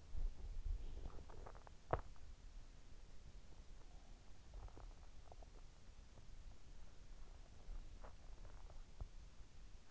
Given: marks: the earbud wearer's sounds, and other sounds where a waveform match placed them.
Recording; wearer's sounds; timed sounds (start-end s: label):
sounds in sleep by an in-ear microphone; teeth grinding
0.00-2.27 s: teeth grinding